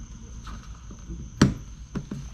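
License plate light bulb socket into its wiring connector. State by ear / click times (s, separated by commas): seated / 1.4 s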